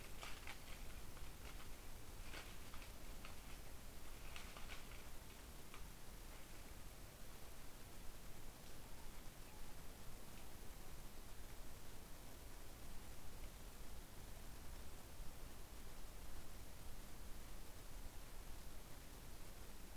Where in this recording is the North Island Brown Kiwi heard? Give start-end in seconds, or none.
none